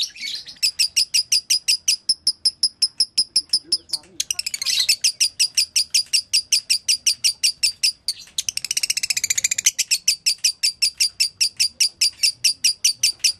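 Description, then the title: Lovebird chattering song: relentless rapid high chirps, about three per second, with two short breaks and some buzzier, denser passages. Training recording for tutoring lovebirds; song style called konslet. "Masteran Lovebird Konslet"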